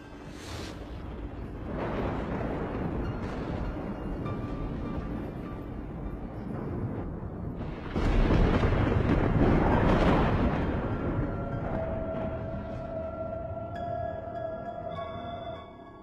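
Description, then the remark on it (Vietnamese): Several lightning bolts strike from the sky with deep, rumbling thunder that rolls in waves, with a sharp crack around the middle that swells into a long, heavy roar before fading under a faint high tone. No voices. “Trên bầu trời bỗng nhiên giáng xuống mấy tia sét đình tài nhức óc.”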